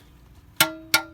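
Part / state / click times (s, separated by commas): torque wrench on oil drain plug / torque reached / 0.6 s, 0.9 s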